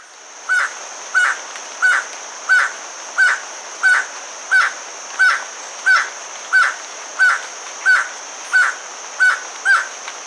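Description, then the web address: Crimson-rumped toucanet uttering a very regular series of grating, barking notes, roughly one every 0.6 seconds, with a continuous high insect drone behind. Recorded in Ecuador. "Birds of Ecuador. Crimson-rumped Toucanet"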